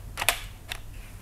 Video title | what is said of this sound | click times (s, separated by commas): TERBAIK - Jigsaw Bare Unit DeWALT DCS331N Jadi Andalan Saya Install Kitchen Set Di Tempat Klien | ini kita majuin ke depan dan kita bisa putar ke samping dan ini klik ya Ada suara klik-kliknya gitu ini | 0.2 s, 0.3 s, 0.7 s